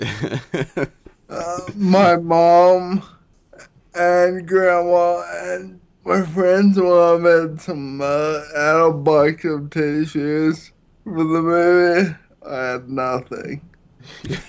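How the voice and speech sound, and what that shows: Adult man, 33, with Friedreich's ataxia, a degenerative neurological disease diagnosed at 16 that affects balance, coordination and speech, speaking with ataxic dysarthria. His speech sounds drunk, with drawn-out sounds and irregular pauses between phrases.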